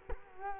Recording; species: mosquito wingbeat signal from an infrared sensor; Culex quinquefasciatus